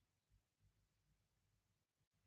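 A plastic Lego piece is handled and pressed toward its spot on a Lego Groot model. Only faint low rumble and quiet handling noise are heard, with no words spoken. Nothing has seated or clicked yet.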